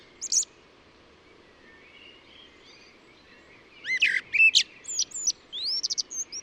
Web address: cianscape birddata Deverinetal 2025 Bird Only Tu Me Tu Me